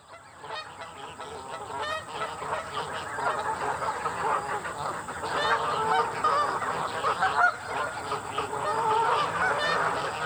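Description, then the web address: Goose: geese honking constantly in a noisy, overlapping chorus of nasal calls, with the racket growing louder toward the end and a steady high hiss behind. Geese being fed. "realamericanfolk-2007 Elements Feeding the Geese"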